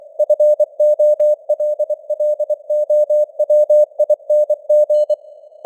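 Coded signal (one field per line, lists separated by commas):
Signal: Morse code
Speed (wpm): 24 wpm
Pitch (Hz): 600 Hz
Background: none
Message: FOLLOWING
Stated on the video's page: News headlines sent in Morse at 24 wpm, with simulated radio noise and varying signal strength (QSB).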